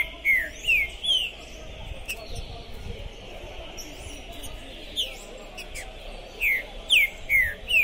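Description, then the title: Green-winged saltator song: a few rich whistles sliding downward, a long pause with a single faint note, then another cluster of downward-sliding whistles near the end. Captive bird at a singing tournament in 2021, singing at the tournament entrance to warm up for the contest; described as calling, singing and 'macheando' (male display singing); style called 'pistoleiro'. "ESQUENTAR Seu TRINCA Piando, Cantando E Macheando Na DISPUTA. Esse TRINCA FERRO ficou POSSUÍDO na PORTA do TORNEIO! Trinca Ferro Pistoleiro 2021!"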